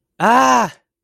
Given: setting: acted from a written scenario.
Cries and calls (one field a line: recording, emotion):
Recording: vocal sound without words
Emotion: distress